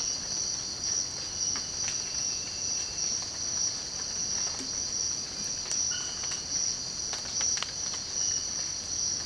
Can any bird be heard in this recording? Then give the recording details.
no. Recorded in dense forest near Puerto Asís, Putumayo, Colombia, on 19 March 2025 at 05:00. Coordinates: 0.481, -76.323. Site G088